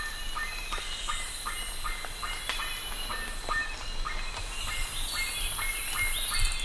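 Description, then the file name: Bird calls: quick series of short notes, some with harsher overtones, repeated at an irregular fast pace over a constant high drone and background noise. "SABIOD 50 bird 2015"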